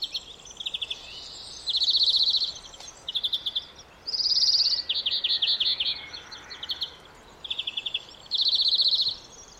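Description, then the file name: European greenfinch calls in quick rattling trills, high and dry, given in several bursts, with a faint twittering of other notes between them. "Chloris chloris"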